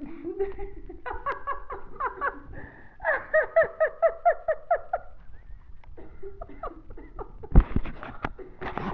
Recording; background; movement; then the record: laughter; a bystander coughing; sitting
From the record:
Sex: female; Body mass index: 21.8 kg/m2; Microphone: on the chest, facing the body